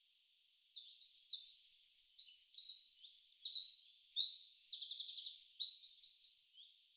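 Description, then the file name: Eurasian wren singing a fast, high-pitched stream of metallic trills and chattering notes, with buzzy rattles and quick whistles tumbling together for about six seconds. "Troglodytes troglodytes"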